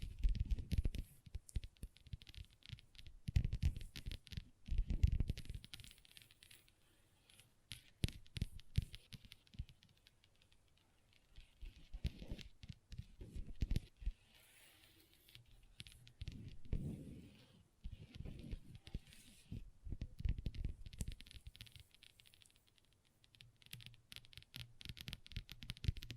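Long fingernails tap and scratch across a tabletop in irregular bursts, with dense clusters of sharp clicks and scraping strokes. Heavier low thumps and rubbing swell near the start, around five seconds, and again in the middle, while quieter pauses fall between.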